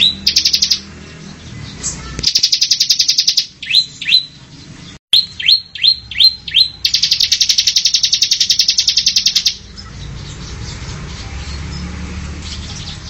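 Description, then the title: Oriental magpie-robin song: a rapid, buzzy, high trill, then a run of sharp downslurred whistles, and then a long trill of the same buzzing notes. "Kicau Kacer"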